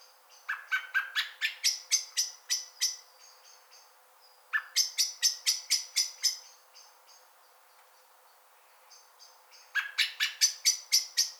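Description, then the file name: Common blackbird repeating rattling series of sharp chinks, three long bursts of rapid clipped notes separated by pauses that carry faint high thin tones. "Turdus merula"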